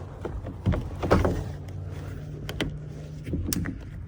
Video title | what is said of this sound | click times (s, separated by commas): 2015-2022 Ford F-150 door panel removal/ glass installation | that snap you heard is the window snapping in place | 2.6 s, 3.5 s